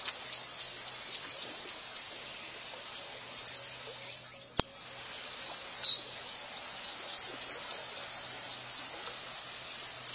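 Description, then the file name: Anna's hummingbird song: dry, buzzy, high-pitched chatter in two long bouts separated by a quieter gap. "canto do beija flor de anna"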